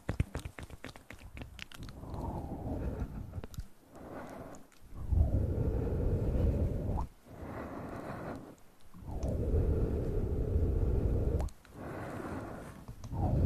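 Mouth sounds and soft, inaudible whispering, starting with a quick run of wet clicks and smacks in the first two seconds. After that come long breathy, low rushes in repeating waves about every two to three seconds, broken by sharp lip pops and brief silences.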